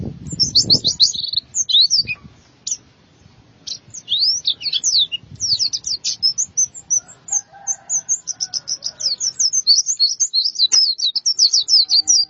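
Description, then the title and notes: White-eye song, a long jumble of rapid high twittering and slurred chirps with varied up-and-down notes, briefly pausing then resuming; faint low rumble at the start. "Suara kicauan burung pleci"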